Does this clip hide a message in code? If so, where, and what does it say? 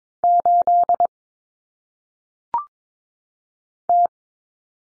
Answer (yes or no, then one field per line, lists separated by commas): yes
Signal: Morse code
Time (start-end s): 0.2-4.1 s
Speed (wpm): 22 wpm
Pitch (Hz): 700 Hz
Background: none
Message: 8 T